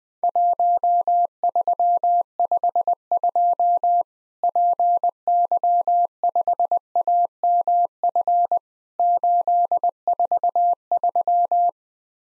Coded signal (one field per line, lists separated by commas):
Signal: Morse code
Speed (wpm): 21 wpm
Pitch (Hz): 700 Hz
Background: none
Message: 1352 PY5AMF 843